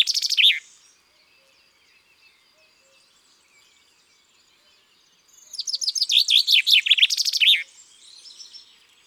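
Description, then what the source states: Common chaffinch: tail of one phrase at the start, then after a quiet spell with faint bird twitters, a complete bright descending song ending in a flourish. Garden bird.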